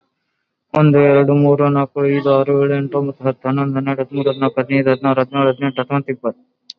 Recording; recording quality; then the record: counting at a fast pace; moderate, slight background noise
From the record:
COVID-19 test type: RT-PCR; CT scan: not taken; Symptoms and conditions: none ticked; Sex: male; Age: 28 years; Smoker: no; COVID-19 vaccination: both doses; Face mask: worn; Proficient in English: yes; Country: India